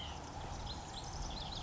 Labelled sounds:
White-breasted Nuthatch
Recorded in Sonoma County, California

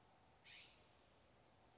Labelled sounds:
California Scrub-Jay
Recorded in Sonoma County, California

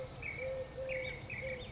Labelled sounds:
Eurasian Collared Dove
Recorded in Sonoma County, California

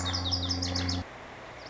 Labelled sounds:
Lazuli Bunting
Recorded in Sonoma County, California

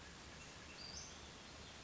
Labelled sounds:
Western Flycatcher
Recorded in Sonoma County, California

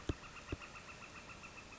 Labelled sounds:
Northern Flicker
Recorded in Sonoma County, California

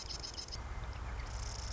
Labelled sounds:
Marsh Wren
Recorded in Sonoma County, California

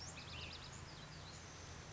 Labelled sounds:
Ash-throated Flycatcher
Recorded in Sonoma County, California

